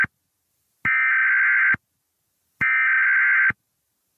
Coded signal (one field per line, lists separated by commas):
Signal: Emergency Alert System (SAME) tones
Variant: header bursts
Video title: EAS Scenario #53 Flying Butts Rebirth